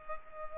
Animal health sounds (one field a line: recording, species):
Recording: mosquito wingbeat signal from an infrared sensor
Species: Culex pipiens